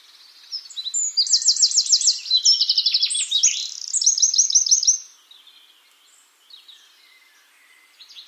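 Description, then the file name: Eurasian wren song: a loud, rapid outburst of high, sharp notes and fast buzzy trills lasting about four seconds, then fading to soft, bird twittering. "Troglodytes troglodytes"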